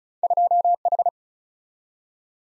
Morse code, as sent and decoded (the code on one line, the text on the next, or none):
..--- ....
2H